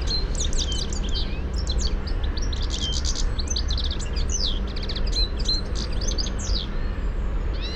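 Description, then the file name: European goldfinch calls: rapid bright twittering notes high in pitch, continuing in bursts throughout over a steady low rumble of background noise. "Carduelis carduelis"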